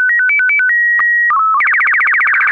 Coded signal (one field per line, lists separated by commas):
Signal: SSTV (slow-scan television)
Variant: Robot BW 8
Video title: Slow Scan Radio Ep 10, September 26, 2018